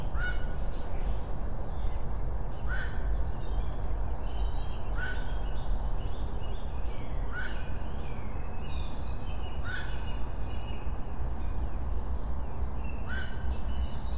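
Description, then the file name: Black-crowned night heron uttering several abrupt, hoarse single-note calls spaced a few seconds apart, with steady heavy low-pitched noise throughout. "nachtreiher"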